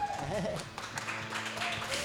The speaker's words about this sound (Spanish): ¡Fuerte aplauso!